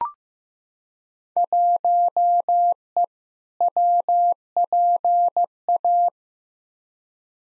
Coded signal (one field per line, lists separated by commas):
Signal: Morse code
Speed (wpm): 15 wpm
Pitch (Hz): 700 Hz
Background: none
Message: 1E WPA